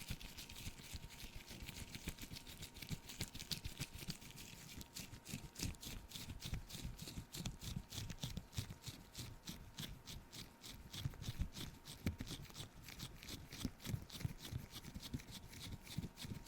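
Close-up brushing and wiping strokes rub across a camera, a steady run of quick, regular scratchy sweeps that fill the whole 16 seconds. The strokes are bright and crackly on top with a soft thumping underneath, and a faint steady tone hums throughout.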